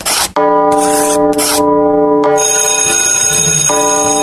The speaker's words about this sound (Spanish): Ya tocó la campana, estás en Canto Maestro.